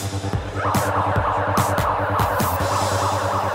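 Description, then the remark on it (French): A building fire alarm, set off for an evacuation test with 60 students, sounds loudly and continuously, a siren-like tone that sweeps upward again and again in rapid repeating cycles, with no voices heard. “Nous allons pouvoir déclencher l'alarme.”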